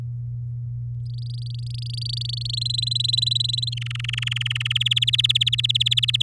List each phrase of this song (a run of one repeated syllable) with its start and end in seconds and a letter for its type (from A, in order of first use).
1.06-2.55 A, 2.57-3.74 B, 3.77-4.73 C, 4.75-6.22 D